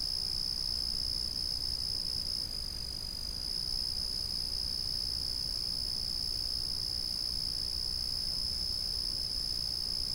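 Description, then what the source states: Cricket producing a steady, piercing trill throughout, with a muted rumble below. A single cricket calling steadily at night.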